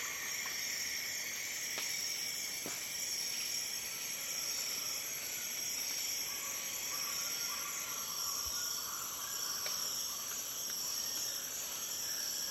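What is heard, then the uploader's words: A calm Borneo rainforest hums with steady, dense insect and cricket buzzing, high and bright, with a few faint clicks and calls. A beautiful and calm atmosphere recorded in Borneo's rainforest.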